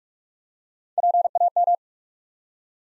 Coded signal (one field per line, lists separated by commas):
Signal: Morse code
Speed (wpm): 46 wpm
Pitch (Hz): 700 Hz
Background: none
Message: PAM